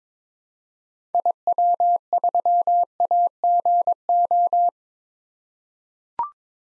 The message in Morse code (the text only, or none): IW3AGO